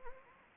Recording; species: mosquito wingbeat signal from an infrared sensor; Anopheles arabiensis